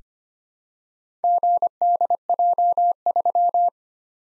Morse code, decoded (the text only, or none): GDJ3